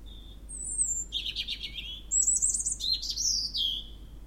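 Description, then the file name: European robin song with a soft opening note, a high drawn whistle, then a buzzy warble and bright rapid twittering phrases that drop at the end. "Erithacus rubecula"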